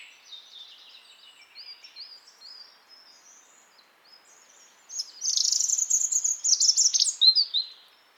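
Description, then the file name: European robin song: soft, thin high warbled phrases at first, then a loud, rapid trilled passage with sharp high notes in the second half. "Erithacus rubecula"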